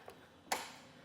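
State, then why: Seated. A tilted Yakima OnRamp LX hitch bike rack, set up for two electric bikes on a 2022 Ford Bronco Sport, is pushed from the side back up into its seated carrying position. A faint tick at 0.1 s is followed by a sharp metallic click at 0.5 s as the latch engages. The rack locks into its seated position.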